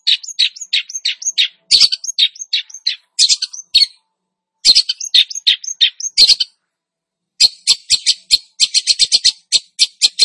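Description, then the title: Long-tailed shrike song of rapid, varied twittering and scratchy notes delivered in dense runs broken by short silences. Described as "gacor", meaning singing actively and vigorously. "Cendet Gacor"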